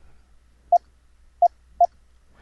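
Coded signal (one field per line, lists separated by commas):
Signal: none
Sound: audio loopback test tones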